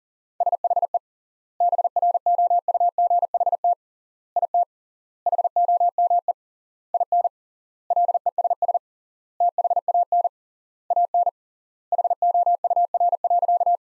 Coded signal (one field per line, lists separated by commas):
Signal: Morse code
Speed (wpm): 40 wpm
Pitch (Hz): 700 Hz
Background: none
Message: SHE BROUGHT IT HOME IN LESS THAN AN HOUR.